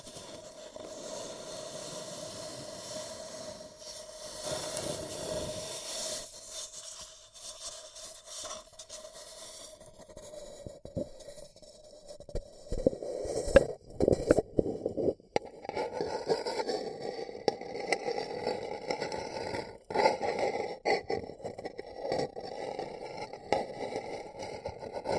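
Paper cup tingles: fingers rub, tap and crinkle a paper cup in a continuous, textured crackle. The first ten seconds are a soft, steady rustle with a faint hum underneath. After that the handling turns busier and louder, with sharp taps and scrapes around 13, 15 and 20 seconds.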